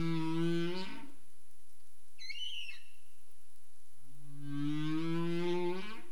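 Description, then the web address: Humpback whale calls: a deep harmonic moan sweeping upward, a brief high chirping note in between, then another long rising moan. Recorded in the Caribbean on 27 April 2035 at 21:59 UTC. "CARIMAM. humpback whale"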